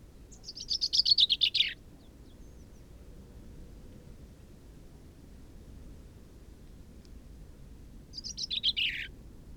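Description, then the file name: Common chaffinch singing two bright descending phrases, each a rapid run of sharp notes ending in a flourish, separated by about six seconds of low rumbling background. "Fringilla coelebs"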